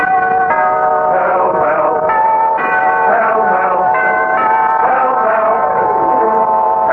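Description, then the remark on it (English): Bell chimes for Pall Mall cigarettes ring out in a series of struck, overlapping tones that sustain and blend into one another, staying loud and steady throughout with no voices. “bell for Pall Mall.”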